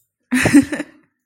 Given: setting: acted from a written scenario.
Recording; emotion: vocal sound without words; amusement